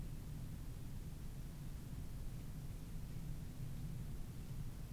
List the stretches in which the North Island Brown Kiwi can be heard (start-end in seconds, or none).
none